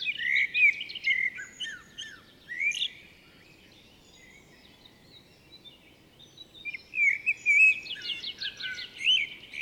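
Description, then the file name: Common blackbird singing fluted whistles and high twittering phrases, with a long quiet gap midway over faint background hum. "Turdus merula"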